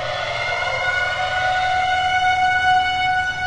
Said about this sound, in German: Sie verriegelt die schwere Tür hinter sich und drückt den Alarmknopf. Überall im Raumschiff heulen die Sirenen.